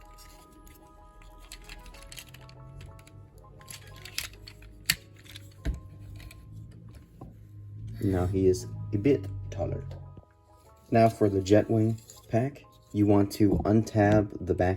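A plastic upgrade-kit foot and leg piece is pressed onto the other leg of an action figure over quiet background music and a few small plastic taps. It snaps home with a loud click at 4.9 s, seating the piece like the first side. Someone then talks.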